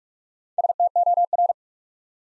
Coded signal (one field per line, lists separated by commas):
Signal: Morse code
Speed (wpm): 44 wpm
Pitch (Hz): 700 Hz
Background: none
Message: STOR